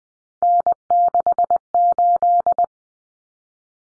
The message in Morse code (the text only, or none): N68